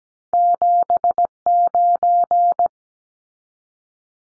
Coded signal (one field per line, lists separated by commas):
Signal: Morse code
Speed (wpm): 17 wpm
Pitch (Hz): 700 Hz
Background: none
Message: 79